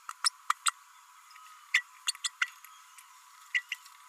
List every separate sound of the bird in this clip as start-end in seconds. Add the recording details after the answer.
0.24-0.29, 0.49-0.53, 0.66-0.72, 1.74-1.83, 2.08-2.12, 2.24-2.30, 2.41-2.48, 3.54-3.62, 3.71-3.75. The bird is a female. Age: 32 days. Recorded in a nest box in Venezuela. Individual 17B32A5